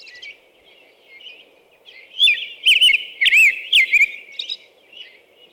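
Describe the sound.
American robin song: faint scattered notes, then a loud burst of looping whistled phrases in the middle, tapering to soft notes, with a steady low hum behind.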